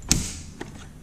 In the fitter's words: slot and then we just press down until we hear the click okay